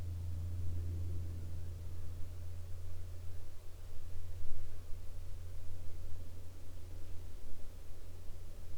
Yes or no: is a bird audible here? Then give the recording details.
no. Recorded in the Arctic National Wildlife Refuge, Alaska, on 20 August 2021 at 21:15. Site 42